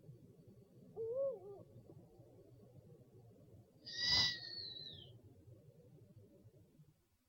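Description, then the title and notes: Owl call: a faint, wavering low whistle, then one high, thin whistle sliding downward, with a sharp click at its start over a low background hiss. Compilation of 69 call variants from 11 owl species. "Sovy - Eulen - Owls. 69 variant hlasů - 11 druhů sov"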